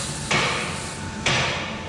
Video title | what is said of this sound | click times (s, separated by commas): Motorcycle Lift Safety | okay the clicking you heard was the locks the locks are there to make sure that this lift | 0.3 s, 1.3 s